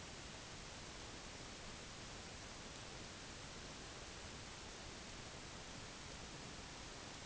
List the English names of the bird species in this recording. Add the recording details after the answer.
none. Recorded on Arctic tundra, site UTQI-5, on 21 June 2018. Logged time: 08:00